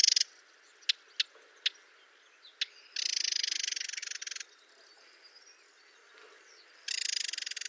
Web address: chant xeno-canto fauvette a lunettes